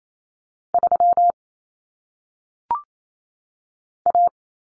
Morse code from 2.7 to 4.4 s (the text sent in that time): A